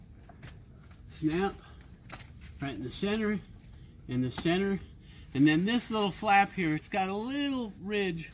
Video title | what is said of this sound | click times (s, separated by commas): How to Install a Jeep Gladiator Soft Top Headliner - Hothead Headliners | It's easiest probably if you do the two ends. Snap | 0.4 s